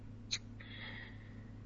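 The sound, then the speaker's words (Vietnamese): A speaker who talked so long they forgot to breathe gasps: a quick, sharp catch of breath followed by a longer, airy gasp drawn in over about a second, faint against a steady low hum with no talking. “Hay à, nói nó quên thở luôn, nói quên thở.”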